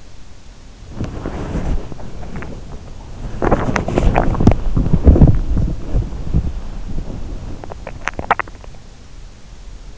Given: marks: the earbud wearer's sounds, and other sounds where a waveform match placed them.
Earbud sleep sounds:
sounds in sleep by an in-ear microphone; body movement, teeth grinding
0.00-7.98 s: body movement
7.31-8.81 s: teeth grinding

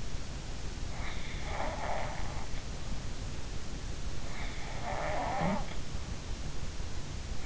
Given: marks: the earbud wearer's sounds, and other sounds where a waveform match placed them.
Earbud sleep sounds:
sounds in sleep by an in-ear microphone; snoring breath
1.50-2.40 s: snoring breath
4.76-5.80 s: snoring breath

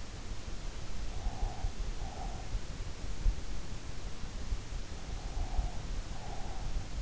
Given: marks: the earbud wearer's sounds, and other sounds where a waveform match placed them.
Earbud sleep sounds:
sounds in sleep by an in-ear microphone; breath
0.85-2.85 s: breath
4.99-6.86 s: breath

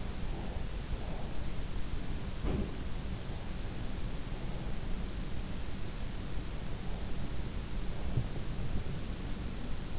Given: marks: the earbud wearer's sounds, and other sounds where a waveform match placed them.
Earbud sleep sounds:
sounds in sleep by an in-ear microphone; breath
0.00-1.50 s: breath
2.31-2.76 s: sound from someone else or the room

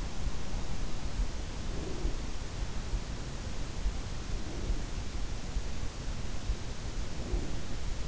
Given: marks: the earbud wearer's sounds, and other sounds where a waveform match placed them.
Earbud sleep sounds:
sounds in sleep by an in-ear microphone; breath
1.25-2.55 s: breath
4.29-5.33 s: breath
6.88-8.08 s: breath

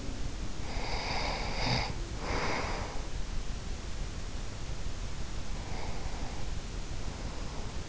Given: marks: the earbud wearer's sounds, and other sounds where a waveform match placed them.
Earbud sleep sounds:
sounds in sleep by an in-ear microphone; breath
0.28-3.68 s: breath
5.31-7.89 s: breath

